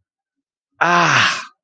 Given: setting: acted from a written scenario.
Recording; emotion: vocal sound without words; pain